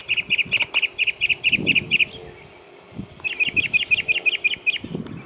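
Bird song of two rapid series of short, even, high notes, about ten each, separated by a brief pause, with faint rustling beneath.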